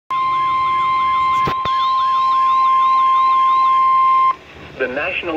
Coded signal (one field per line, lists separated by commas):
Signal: Emergency Alert System (SAME) tones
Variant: 1050 Hz attention tone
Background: speech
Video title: Severe Thunderstorm Warning (EAS #1,138) 7/5/18